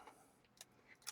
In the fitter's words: and then turn it did you hear that click it just locks on so that's ready to go